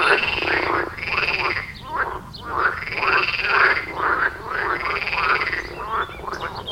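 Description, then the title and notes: Dense frog chorus, loud rolling croaks repeated in long bursts with short clicky calls between, nearly continuous. Frog chorus at the village pond in Wohlsborn, Germany; recorded with a TASCAM DR-40X. "Wohlsborn, Deutschland - Froschkonzert. Frog concert. Froschkonzert am Dorfteich in Wohlsborn"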